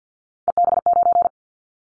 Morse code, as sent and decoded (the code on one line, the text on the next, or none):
. -... ----.
EB9